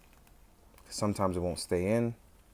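A swapped plastic head is being handled and pushed toward the neck ball joint of a Medicom MAFEX No.076 Justice League Bruce Wayne action figure. There is a faint tick at about 0.3 s over quiet background, then someone talks from about 1.0 to 2.1 s. Nothing has seated or clicked yet.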